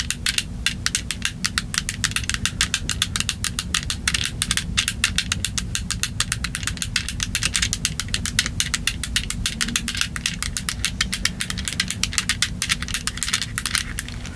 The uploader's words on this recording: Tapping, Calming Triggers. Aggressive Tapping.